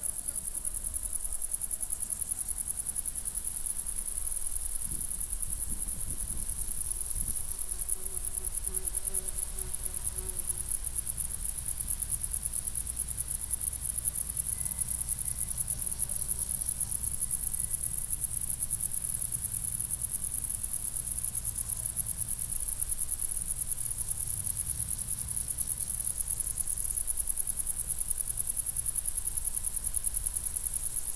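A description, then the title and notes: Crickets fill a meadow with a dense, unbroken high-pitched shimmer that holds steady for the whole stretch. Beneath it sits a soft low rumble, and a faint drone drifts through briefly around the middle. Crickets in the Meadow.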